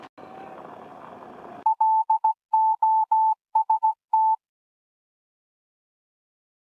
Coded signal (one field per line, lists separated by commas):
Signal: Morse code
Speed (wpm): 16 wpm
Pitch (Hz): 880 Hz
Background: none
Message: LOST